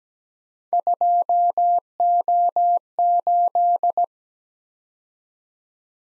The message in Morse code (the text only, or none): 2O8